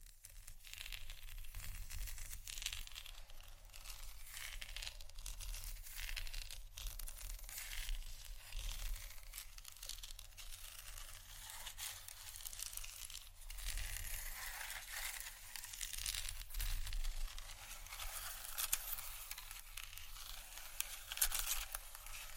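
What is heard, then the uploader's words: Wooden ASMR triggers: continuous dense scratching, crackling and tapping, bright and crisp, with a low rumble underneath and slightly louder bursts toward the end. ASMR Wooden Triggers（No Talking）.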